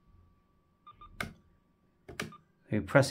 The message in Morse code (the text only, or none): none